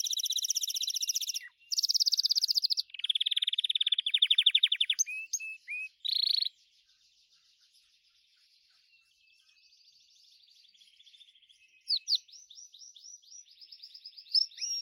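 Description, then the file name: Gloster canary song with fast buzzy trills and rapid repeated rolls in shifting pitches, a quiet pause midway, then clipped rising notes resuming. "canto do canario gloster"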